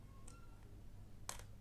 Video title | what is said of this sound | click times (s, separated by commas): DX Gosei Great honest review | sampai ah bunyi klik. | 1.3 s